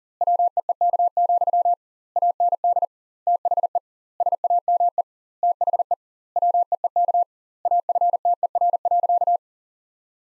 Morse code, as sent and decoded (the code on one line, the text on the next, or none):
.-- . . -.- --..-- / .- -. -.. / - .... . / ... .- -- . / - .... . / .-- . . -.- / .- ..-. - . .-. .-.-.-
WEEK, AND THE SAME THE WEEK AFTER.